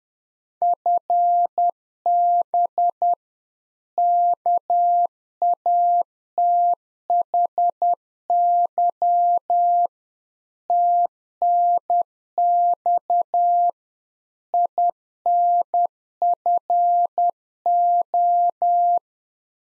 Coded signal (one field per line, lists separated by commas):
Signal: Morse code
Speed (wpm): 10 wpm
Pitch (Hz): 700 Hz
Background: none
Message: FB KATHY TNX INFO